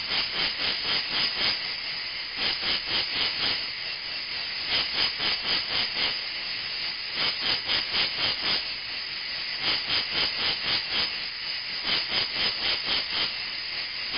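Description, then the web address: Insect buzzing: harsh, hissing pulses repeated about four times a second over a steady rasping drone, with brief pauses between bursts. "animali insetti insetti insect"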